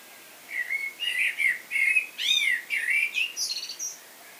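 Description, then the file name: Common blackbird song phrase: several fluty, slurred whistles, then an arching note and a scratchy high twitter to finish. "Turdus merula"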